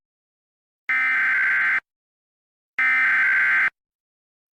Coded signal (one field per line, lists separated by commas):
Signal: Emergency Alert System (SAME) tones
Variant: header bursts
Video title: (EAS) Sandia labs mistake-contagious disease warning